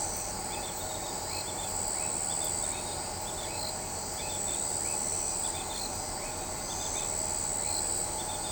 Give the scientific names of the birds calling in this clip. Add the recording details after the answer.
none. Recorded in shrubland near Pivijay, Magdalena, Colombia, on 17 April 2023 at 20:30. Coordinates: 10.453, -74.365. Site P5-G022